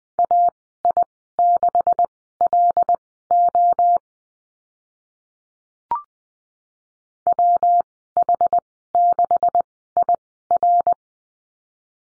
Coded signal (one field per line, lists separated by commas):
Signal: Morse code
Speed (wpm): 20 wpm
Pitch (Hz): 700 Hz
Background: none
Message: AI6LO WH6IR